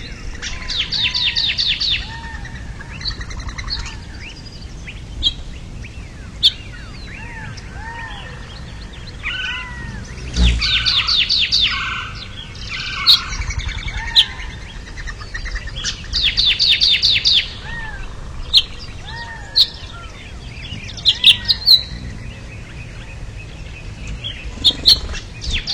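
A flock of birds calls together in a steady, busy chorus, with bright rapid trills bursting out every few seconds and soft low whistles repeating underneath. A sharp knock lands near ten seconds, and a faint low rumble runs throughout.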